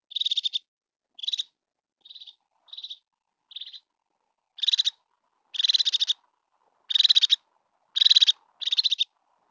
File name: Crested Tit Call